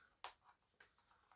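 Plastic lens retaining tabs on a low-profile paintball mask frame are popped out to remove the lens. There are two sharp clicks at 0.2 s and 0.8 s, followed by faint softer ticks. The tabs release from the frame.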